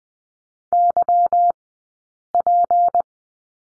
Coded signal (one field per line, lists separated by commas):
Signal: Morse code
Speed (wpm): 20 wpm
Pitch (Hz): 700 Hz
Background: none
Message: YP